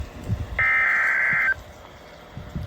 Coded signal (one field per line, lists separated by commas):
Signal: Emergency Alert System (SAME) tones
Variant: header bursts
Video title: (EAS #504) Severe Thunderstorm Warning for Columbia, Dane, and Sauk, Wisconsin